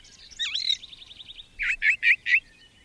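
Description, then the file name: Brown thrasher song, a swirling buzzy trill followed by four loud, evenly spaced harsh chirps. "suara-kicauan-brown-thraser 3-omkicau"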